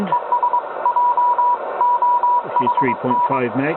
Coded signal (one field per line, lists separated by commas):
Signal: Morse code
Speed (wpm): 22 wpm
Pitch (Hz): 970 Hz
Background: speech, radio noise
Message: ES JOHN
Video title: Morse Code Decoding